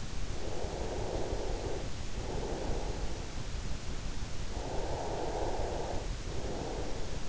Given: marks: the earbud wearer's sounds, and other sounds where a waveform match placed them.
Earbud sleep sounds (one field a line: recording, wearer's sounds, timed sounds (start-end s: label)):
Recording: sounds in sleep by an in-ear microphone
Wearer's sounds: breath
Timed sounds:
0.46-3.18 s: breath
4.60-7.29 s: breath